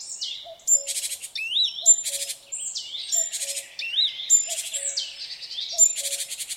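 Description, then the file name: Great tit scolding: rasping churr bursts alternate with high sliding chirps and thin whistles, over a soft low recurring tone. "Parus major"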